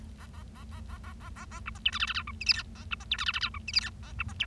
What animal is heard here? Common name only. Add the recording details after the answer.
Bengalese Finch. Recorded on 25 March 2012 at 13:01. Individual gy6or6